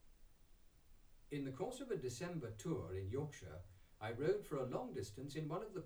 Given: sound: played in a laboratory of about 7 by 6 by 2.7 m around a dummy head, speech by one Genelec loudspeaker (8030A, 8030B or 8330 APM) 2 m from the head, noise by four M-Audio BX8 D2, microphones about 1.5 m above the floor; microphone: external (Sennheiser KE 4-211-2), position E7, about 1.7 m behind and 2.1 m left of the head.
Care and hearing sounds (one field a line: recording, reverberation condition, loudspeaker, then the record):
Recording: male speech in English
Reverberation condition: low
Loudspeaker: 30 degrees to the right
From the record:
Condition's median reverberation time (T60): about 310 ms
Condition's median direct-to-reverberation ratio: about 3.5 dB